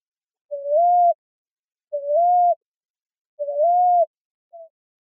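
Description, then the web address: Common ground dove cooing, three gentle rising coos spaced about one and a half seconds apart, then a brief faint note at the end. Recorded in Arizona, United States, on 1 July 2006. "Doves AZFO COGD 070106. deviche"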